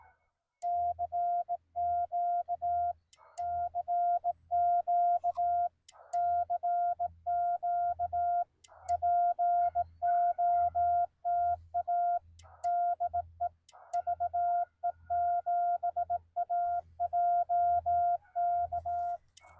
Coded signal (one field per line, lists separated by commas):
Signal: Morse code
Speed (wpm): 18 wpm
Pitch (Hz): 700 Hz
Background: none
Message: CQ CQ CQ POTA DE VE7AJK